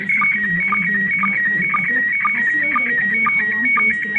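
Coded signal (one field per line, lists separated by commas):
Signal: SSTV (slow-scan television)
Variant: PD 120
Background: speech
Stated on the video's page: SSTV image received from the ISS on 145.800 MHz.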